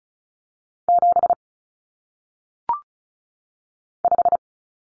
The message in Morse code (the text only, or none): 7 5